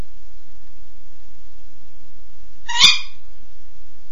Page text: Серая неясыть Хурон - территориальный крик (отрывистый лай )